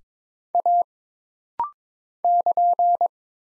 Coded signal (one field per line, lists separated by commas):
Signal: Morse code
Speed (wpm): 23 wpm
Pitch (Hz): 700 Hz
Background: none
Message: A <KN>